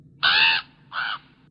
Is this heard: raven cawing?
yes